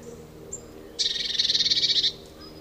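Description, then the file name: Eurasian blue tit making a scratchy churring rattle of quick pulses for about a second, preceded by a faint thin high note, over steady low hum. "Cyanistes caeruleus"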